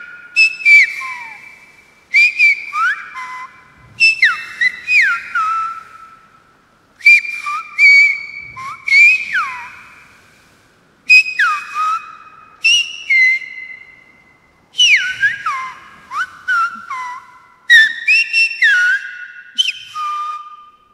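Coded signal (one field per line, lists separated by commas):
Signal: whistled language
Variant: Silbo Gomero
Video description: «Películas y muñecas» es un relato escrito por Daniel Martín Castellano. Fue silbado por Keila Idaira Morales Vera.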